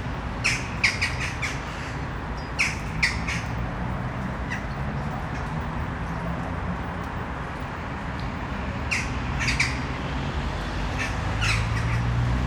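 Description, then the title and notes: Western jackdaw calls in short bursts of sharp squawky notes in the first few seconds and again toward the end, separated by a quieter middle stretch, over a steady low rumble. Flock filling a tree in Brno city center, Czech Republic, urban setting, recorded at sunset. "Malinovského nám. 571/1, 602 00 Brno-střed-Brno-město, Česko - Western jackdaws at sunset. A tree full of jackdaws in the city center of Brno"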